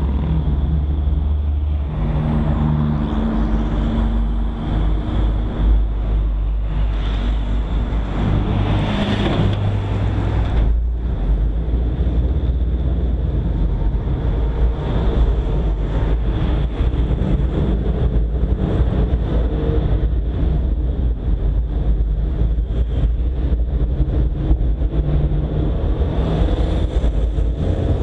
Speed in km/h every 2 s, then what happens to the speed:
0, 0, 0, 0, 0, 2, 3, 4, 10, 15, 17, 22, 27, 30.
0-11 standing. 11-28 pulls away to 30.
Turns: none.